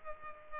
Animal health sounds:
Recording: mosquito wingbeat signal from an infrared sensor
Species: Culex pipiens

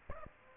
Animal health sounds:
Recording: mosquito wingbeat signal from an infrared sensor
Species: Aedes aegypti

